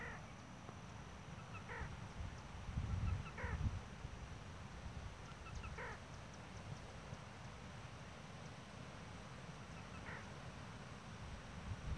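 Black rail calls, a few faint short stacked notes at irregular intervals over steady low rumbling background noise.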